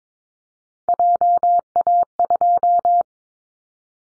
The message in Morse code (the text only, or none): JA2